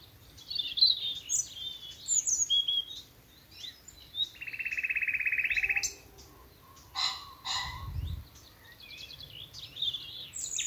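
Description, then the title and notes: Common nightingale song: varied chattering notes, a sustained rapid buzzy rattle, then sharp clicks with a low thump, and more phrases. Nightingales singing from thickets in a Dorset wood, evening as the dew falls, Alners Gorse nature reserve run by Butterfly Conservation, Dorset. "Sound Escape 11: the glorious song of nightingales from a Dorset wood. BBC Countryfile Magazine. it's evening at Alners Gorse, a nature reserve in Dorset run by Butterfly Conservation . As the dew falls, the extraordinary song of nightingales rises from the thickets. Recorded by Martin Maudsley"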